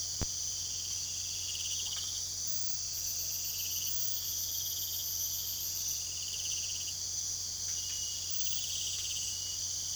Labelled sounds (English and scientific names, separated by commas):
none